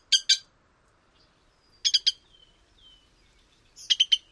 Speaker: So one more time, a variety of sounds from the Virginia rail.